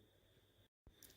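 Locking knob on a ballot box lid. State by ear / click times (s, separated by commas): seated / 1.0 s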